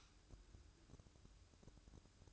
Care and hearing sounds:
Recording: daily activity, microphone in the room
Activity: light off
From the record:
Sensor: 2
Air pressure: 1007.7 hPa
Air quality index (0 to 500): 63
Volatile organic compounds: 1 ppm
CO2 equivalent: 604 ppm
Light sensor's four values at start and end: 13/36/15/15 and 9/22/9/10

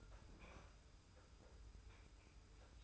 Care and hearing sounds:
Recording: daily activity, microphone in the room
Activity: open fridge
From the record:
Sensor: 2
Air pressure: 990.9 hPa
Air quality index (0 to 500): 124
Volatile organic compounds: 103 ppm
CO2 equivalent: 3777 ppm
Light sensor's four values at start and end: 25/60/24/24 and 25/60/24/24

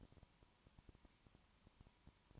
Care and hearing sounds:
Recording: daily activity, microphone in the room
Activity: no activity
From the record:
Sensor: 1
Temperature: 19.2 degrees Celsius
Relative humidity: 37.8%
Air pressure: 1001.1 hPa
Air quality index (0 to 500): 197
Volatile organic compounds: 7 ppm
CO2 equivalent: 1993 ppm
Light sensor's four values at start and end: 1/2/1/1 and 1/2/1/1

